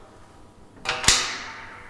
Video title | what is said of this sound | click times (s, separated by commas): ATEX Pneumatic Drum Mixer (DMP01-7RPM-Ex) | pull this bar across hear it lock in place | 0.9 s, 1.1 s